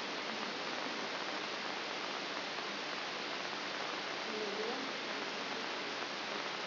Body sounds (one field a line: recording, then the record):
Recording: brain microelectrode recording played as sound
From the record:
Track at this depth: inside the subthalamic nucleus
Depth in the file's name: 4.901 mm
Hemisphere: left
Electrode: 3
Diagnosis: Parkinson's disease